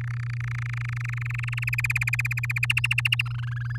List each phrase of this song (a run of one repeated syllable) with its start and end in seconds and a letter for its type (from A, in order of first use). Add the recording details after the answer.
0.01-1.64 A, 1.67-2.66 B, 2.70-3.22 C, 3.25-3.77 D. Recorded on 11 May 2018 at 10:17. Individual llb16